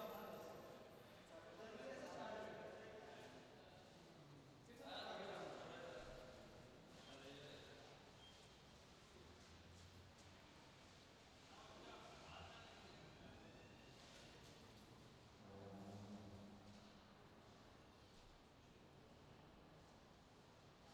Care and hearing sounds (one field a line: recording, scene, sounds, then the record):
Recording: everyday scene through a hearing-aid microphone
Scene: reverberant space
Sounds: background noise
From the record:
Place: railway station hall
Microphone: in the ear canal, left